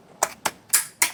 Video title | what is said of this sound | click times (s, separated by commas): เปลี่ยนปั๊มติ๊กในถังน้ำมัน วีออส 2013++ | เนี่ยมันก็จะดังแก๊ก | 1.0 s